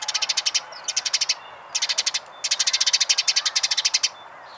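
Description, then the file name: House sparrow giving rapid, even series of sharp high chirps in four bursts, the last much longer, separated by brief pauses, over a quiet background. "Passer domesticus"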